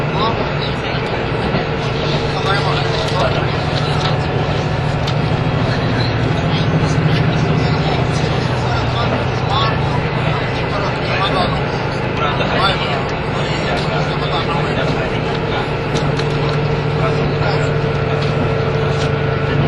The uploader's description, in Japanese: 名古屋～富山